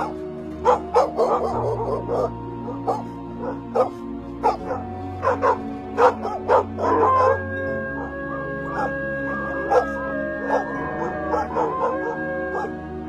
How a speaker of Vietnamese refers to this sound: Đằng sau là tiếng của bầy chó cứ thế sủa lên như đang truy đuổi.